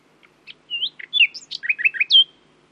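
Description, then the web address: Common nightingale song, a varied phrase of slurred whistles, quick downward notes and a short run of three similar notes, closing on a loud clear whistle. "owen Common Nightingale (Luscinia megarhynchos)"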